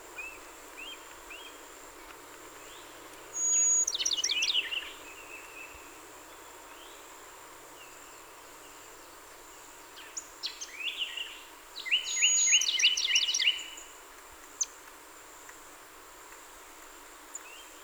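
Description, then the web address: Bachman's sparrow singing varied phrases: a rapid high trill, a later shorter burst, then a lower, even trill of repeated notes, separated by long quiet gaps. Recorded 30 April 2019; the recording holds 27 songs. "soundrecordings 2019-04-30 Bachmans Sparrow-27 Songs"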